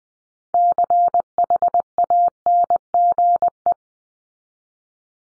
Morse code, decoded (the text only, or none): CHANGE